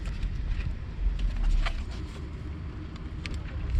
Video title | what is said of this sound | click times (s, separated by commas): Installation Power Frunk Tesla - ça devrait être de série! | donc là on voit qu'elle est bien clipsé ça c'est le premier branch | 3.3 s